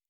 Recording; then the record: hydrophone in a shrimp aquaculture tank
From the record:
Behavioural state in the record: normal